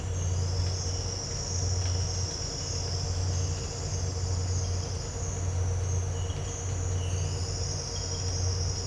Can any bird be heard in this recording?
no